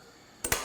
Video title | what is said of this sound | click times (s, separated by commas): Beach Chair Set Up for Shoulder Surgery | is a click. So you hear that click, and you see this little adjustment piece | 0.4 s, 0.5 s